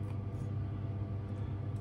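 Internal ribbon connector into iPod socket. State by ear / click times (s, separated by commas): not seated / none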